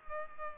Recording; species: mosquito wingbeat signal from an infrared sensor; Culex pipiens